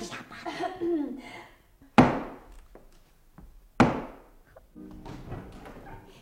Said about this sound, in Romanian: Așa, să vedem. Acum, batem la ușă.